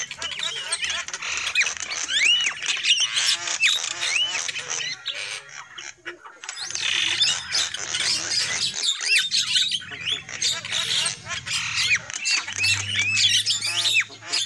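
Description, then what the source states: Lovebird chatter, shrill squawks and rising whistled notes overlapping almost constantly, with a brief quieter gap near six seconds and a low hum beneath. Lovebird calls used as a lure for trapping birds.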